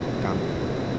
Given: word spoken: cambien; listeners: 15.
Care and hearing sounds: one Spanish word in noise, from a listening test; speech-shaped noise; -5.9 dB; 0 of 15; 7 of 15; 0.59 s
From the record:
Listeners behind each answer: 7, 3, 2, 1, 1, 1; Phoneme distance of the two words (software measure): 34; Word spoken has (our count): 2 syllables, 7 phonemes, stress on syllable 1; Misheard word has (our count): 2 syllables, 5 phonemes, stress on syllable 1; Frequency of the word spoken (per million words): 2.80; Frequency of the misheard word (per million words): 201.72

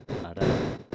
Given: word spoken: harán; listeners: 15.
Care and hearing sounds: one Spanish word in noise, from a listening test; noise modulated by one talker; -11.0 dB; 0 of 15; 7 of 15; 0.55 s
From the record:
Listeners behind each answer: 7, 3, 2, 1, 1, 1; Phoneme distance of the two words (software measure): 17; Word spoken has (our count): 2 syllables, 4 phonemes, stress on syllable 2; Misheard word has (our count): 3 syllables, 5 phonemes, stress on syllable 2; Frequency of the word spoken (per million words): 19.14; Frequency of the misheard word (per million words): 6.67

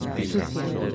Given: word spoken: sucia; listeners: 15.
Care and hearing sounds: one Spanish word in noise, from a listening test; eight-talker babble; -0.8 dB; 6 of 15; 7 of 15; 0.55 s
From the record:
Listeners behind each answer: 7, 6, 1, 1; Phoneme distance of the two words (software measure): 10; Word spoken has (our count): 2 syllables, 5 phonemes, stress on syllable 1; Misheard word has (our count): 2 syllables, 5 phonemes, stress on syllable 1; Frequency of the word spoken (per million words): 12.93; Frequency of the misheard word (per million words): 11.27

